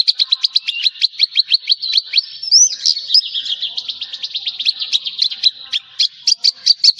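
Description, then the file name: Javan bush lark singing a rapid series of sharp ticking notes with a couple of upslurred whistles mid-way, continuing in bursts throughout. "suara burung branjangan jawa"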